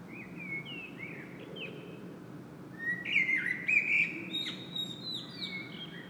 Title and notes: Saint-Gilles, Belgique - Blackbird singing. Le merle chante